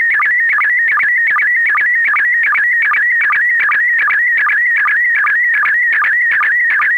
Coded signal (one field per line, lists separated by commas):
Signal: SSTV (slow-scan television)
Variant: PD 50